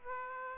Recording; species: mosquito wingbeat signal from an infrared sensor; Aedes aegypti